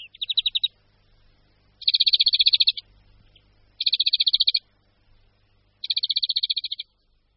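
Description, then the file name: European greenfinch singing a series of fast, even trills, each up to about a second long, separated by short gaps, with a faint low rumble underneath. "Zvonek-zelený"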